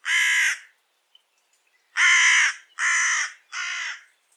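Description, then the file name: Carrion crow giving four harsh, broad caws: one caw, a pause of over a second, then three caws in quick succession, the last slightly shorter. "Corvus corone"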